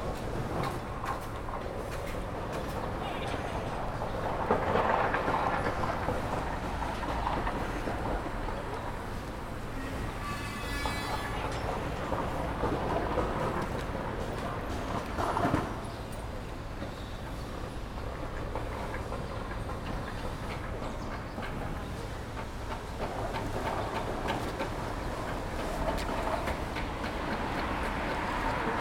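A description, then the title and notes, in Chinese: Street sound outside the south gate of Peking University while waiting for someone: a steady, dense wash of passing traffic with a low hum underneath. Louder swells come near 5 and 15 seconds, and a brief high whine rises around 10 seconds. 仿佛在北大南门等人｜城市声音。气温在1度左右。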